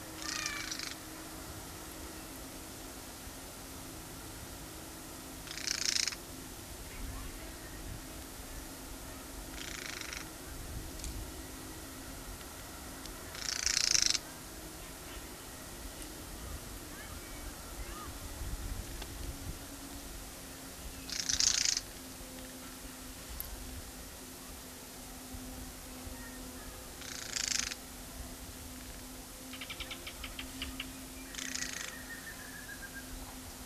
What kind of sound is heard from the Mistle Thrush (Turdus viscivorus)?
call